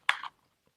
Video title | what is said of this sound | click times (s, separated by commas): VLOG #2 Énormes nouveautés a ACTION 😱💙 et je t'embarque dans ma journée au bord la mer 🥰✨#action | ça se remet là, donc tu as bien entendu, ça c'est clipsé à l'intérieur et tu vas venir tourner | 0.1 s